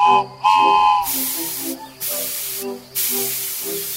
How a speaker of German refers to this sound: Klein, aber fein, unsere Dampflok. Sie kann auch fahren.